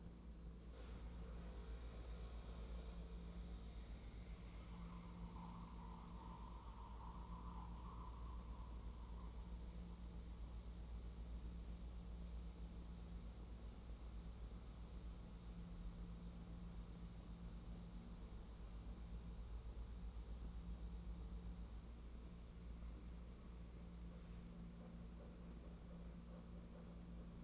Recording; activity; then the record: daily activity, microphone in the room; make coffee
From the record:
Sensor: 1